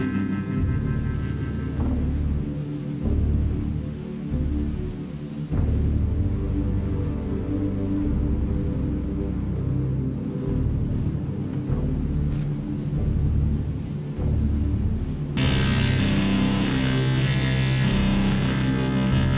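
A dense, heavy low rumble of traffic or a moving vehicle fills the whole stretch, thick with distorted, grinding texture and small rhythmic pulses. A few sharp clicks cut through around twelve seconds, and near fifteen seconds the sound turns brighter and fuller.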